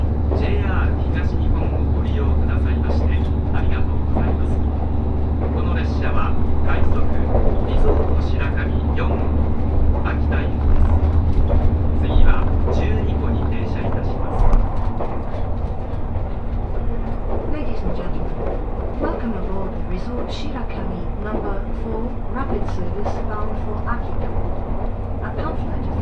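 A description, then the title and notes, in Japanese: Inside a moving train, a steady low rumble and hum run throughout while passengers chatter and small clicks and rattles come and go. 五能線 深浦→岩館 リゾートしらかみ4号。深浦を出ると再び日本海を高い位置から眺めながら走っていきます。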